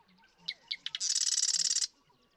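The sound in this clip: Marsh Wren song: several sharp clicks building into a single rapid, mechanical rattle lasting under a second, with soft background calls.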